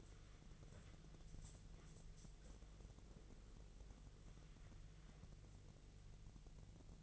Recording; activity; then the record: daily activity, microphone in the room; wipe stove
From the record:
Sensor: 4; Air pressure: 1001.2 hPa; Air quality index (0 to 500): 186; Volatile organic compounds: 3 ppm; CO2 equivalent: 1324 ppm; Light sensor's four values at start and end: 13/30/12/12 and 13/29/12/12